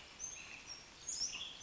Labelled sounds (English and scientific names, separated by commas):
Western Tanager (Piranga ludoviciana)